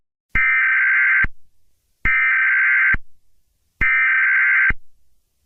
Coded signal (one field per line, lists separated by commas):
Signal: Emergency Alert System (SAME) tones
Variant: header bursts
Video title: Vasunas Channel EAS Zombie Alert Hijacking (April 15, 2026.) (5:30 pm) Southeast Massachusetts